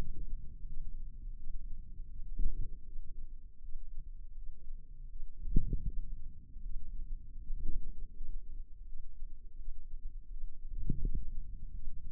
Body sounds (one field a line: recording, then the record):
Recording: forearm muscle sounds (acoustic myography)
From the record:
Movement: ulnar deviation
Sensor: system 2, bracelet of six BSWA MPA416 microphones around the upper forearm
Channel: 4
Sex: female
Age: 23 years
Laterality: right